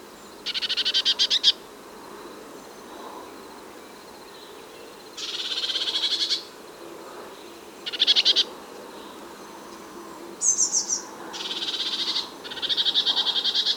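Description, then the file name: Eurasian blue tit scolding: several short, harsh rattling churrs separated by pauses of a few seconds, with a brief high note among them over steady background hiss. "Cyanistes caeruleus"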